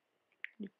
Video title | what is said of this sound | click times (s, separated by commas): BEAUTY FAVORITES - MAKEUP TUTORIAL - VOICEOVER | When you close it the right way, it snaps right in. | 0.4 s